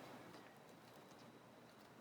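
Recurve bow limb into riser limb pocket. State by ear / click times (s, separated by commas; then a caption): not seated / none. A recurve bow limb is slid toward the riser's limb pocket. Only a steady, low-level broadband hiss with soft rustling is heard, with no sharp sounds. Nothing has seated or clicked yet.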